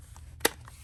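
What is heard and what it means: Plastic handle piece B of a JoyTutus snow brush is slipped into the adjoining handle section, giving one sharp, bright click at 0.5 s against a quiet background, with faint ticks near 0.2 s and 0.7 s. The section clicks into place and is seated.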